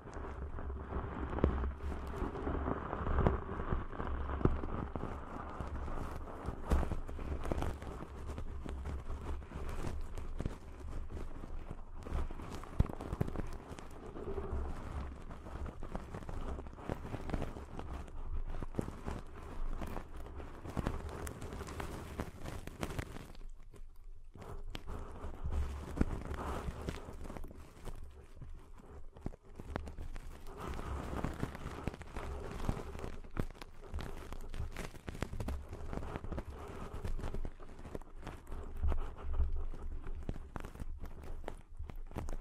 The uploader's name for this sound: Deep 3D Ear Cleaning Intense & Realistic